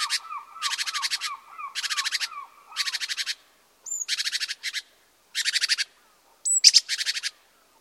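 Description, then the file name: Great tit scolding with repeated harsh churring rattles in close bursts, thin high notes between them, and a soft series of low dropping notes in the background. "Parus major"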